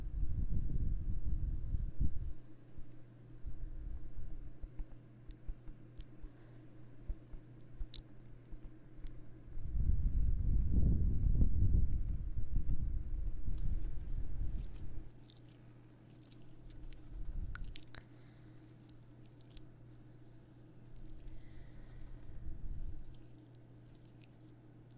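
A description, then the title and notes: Ear massage and ear blowing: soft, muffled rubbing and squishing sounds press in low and heavy, strongest in the first couple of seconds and again from about 10 to 15 seconds. Between them, quieter rustles and occasional faint clicks come and go over a steady low hum. ASMR Ear Massage Ear Blowing (No Talking).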